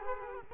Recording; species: mosquito wingbeat signal from an infrared sensor; Culex quinquefasciatus